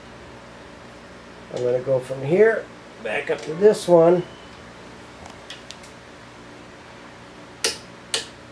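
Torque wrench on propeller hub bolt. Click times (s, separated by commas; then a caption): 7.6 s, 8.1 s. Someone talks while moving a torque wrench back up to the next propeller hub bolt in the cross pattern, then tightens it to 120 in-lb. After a few faint ticks near 5.5 and 5.7 seconds, the wrench gives two sharp clicks at 7.6 and 8.1 seconds, confirming the bolt has reached its torque setting.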